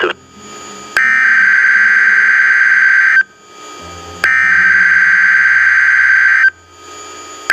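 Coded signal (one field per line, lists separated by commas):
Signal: Emergency Alert System (SAME) tones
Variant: header bursts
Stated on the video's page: Compilation of real alerts: tornado emergency, tsunami warning, AMBER alert and a ballistic missile alert.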